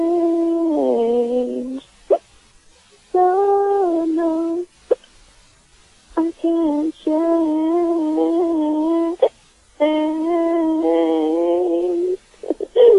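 An adult's sustained voiced sounds, broken by about six sharp, brief hiccup clicks at irregular intervals.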